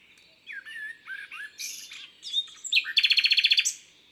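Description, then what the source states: Common nightingale starting with soft slurred whistles, building to loud buzzy notes and a fast pulsing run of about a dozen repeated chooks. Recorded in Isère, France.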